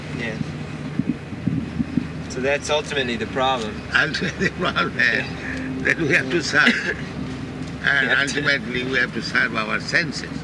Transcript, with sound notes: Yes. So that's ultimately the problem.
[laughs] Ultimately the problem, that we have to serve, and ultimately we have to serve our senses.